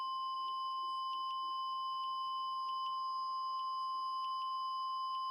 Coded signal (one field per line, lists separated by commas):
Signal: Emergency Alert System (SAME) tones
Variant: 1050 Hz attention tone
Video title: EAS: tornado warning in London